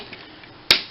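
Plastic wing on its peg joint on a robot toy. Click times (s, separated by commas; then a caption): 0.7 s. A variable wing on a plastic Titans Return Astrotrain transforming robot toy is moved on its tight peg joint. At 0.7 s the wing joint gives a single loud, sharp snap and the wing pops off its peg. This is not a good sign, since the wing on the other side does not snap like that.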